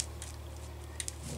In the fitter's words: just want to index it under the starter and then it should snap into place back here